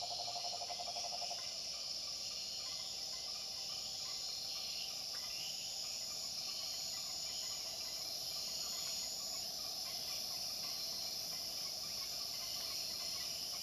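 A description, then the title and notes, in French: Jungle ambience of dense, steady insect buzzing and high shrill chirring, with a brief pulsing tone in the first second and a half. FELIX BLUME + DESPINA PANAGIOTOPOULOU + LABEROUK - Jungle. Collection de field recordings autour du thème de la jungle.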